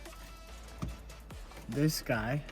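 A plastic electrical connector on the headliner wiring harness of a BMW E92 is plugged into its mating plug, the first of several, and it clicks into place at 0.8 s. Someone talks near the end of the clip. The connector is seated.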